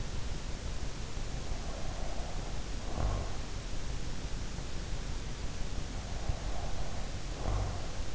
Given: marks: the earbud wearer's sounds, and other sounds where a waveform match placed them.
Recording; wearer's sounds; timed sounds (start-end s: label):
sounds in sleep by an in-ear microphone; breath
1.54-3.55 s: breath
6.08-8.15 s: breath